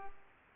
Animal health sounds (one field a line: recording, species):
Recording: mosquito wingbeat signal from an infrared sensor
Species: Culex pipiens